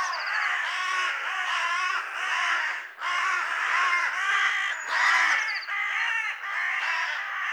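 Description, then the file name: Carrion crow giving continuous rough, grating caws, one after another with barely any pause, plus a faint high chirp now and then. "Corvus corone"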